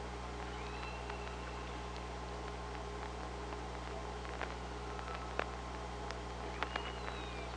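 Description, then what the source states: Killer whale whistles, thin and gliding, mixed with scattered clicks, all over a steady low drone of underwater noise. Recorded on the OrcaLab hydrophone, 24 August 2017, 05:25:18.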